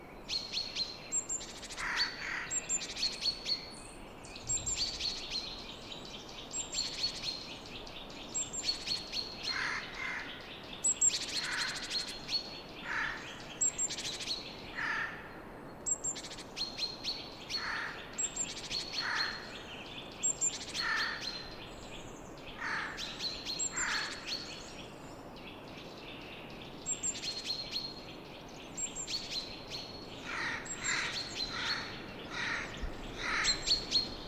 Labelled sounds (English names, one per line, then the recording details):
Eurasian Jay call
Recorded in the wild
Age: adult
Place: Frauenstein, Erzgebirge, Sachsen, DE
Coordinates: 50.7944, 13.5292
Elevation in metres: 530
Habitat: wood
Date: 2008-03-29
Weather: cloudy, 2°C, moderate winds
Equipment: Sound Devices 702, Sennheiser MKH 70, Windkorb
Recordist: Frommolt, Karl-Heinz